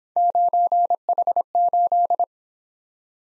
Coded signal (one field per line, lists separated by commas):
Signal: Morse code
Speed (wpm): 24 wpm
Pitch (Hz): 700 Hz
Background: none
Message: 9H8